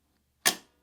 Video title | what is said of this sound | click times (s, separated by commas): BabyLock Ovation Serger Manual: How to Set-Up for a Cover Hem | there as the tubing connects it'll be a snapping sound listen | 0.5 s